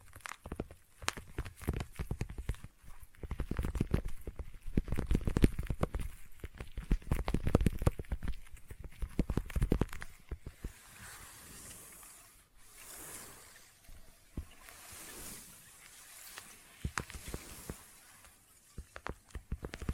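Sticky tapping fills the clip: dense, fast clicks and taps with peeling, crackly textures, loudest and busiest through the first ten seconds. After that the taps thin out into softer, hissy sticky sounds with occasional bursts, and a sharp tap returns near the end.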